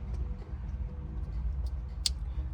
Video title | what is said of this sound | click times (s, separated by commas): BMW F30 PADDLE SHIFTERS RETROFIT | clicking, snap in place, and then this is gonna go | 2.1 s